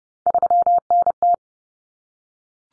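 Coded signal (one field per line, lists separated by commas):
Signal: Morse code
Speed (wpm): 30 wpm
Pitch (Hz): 700 Hz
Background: none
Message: 3NT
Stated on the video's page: Morse drill of common three-digit cut numbers at 30 wpm, with T, A, N standing for 0, 1, 9; each is sent, spoken, then sent again.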